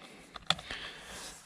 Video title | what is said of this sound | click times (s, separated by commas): Mercedes E class 2012 W212 steering wheel replacement/upgrade | Okay, and it clicks into place. | 0.5 s